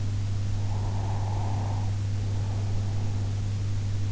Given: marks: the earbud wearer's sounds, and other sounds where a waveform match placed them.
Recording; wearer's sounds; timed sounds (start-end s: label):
sounds in sleep by an in-ear microphone; breath
0.69-3.58 s: breath